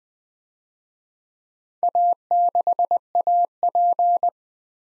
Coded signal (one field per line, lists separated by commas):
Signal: Morse code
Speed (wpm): 20 wpm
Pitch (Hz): 700 Hz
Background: none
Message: A6AP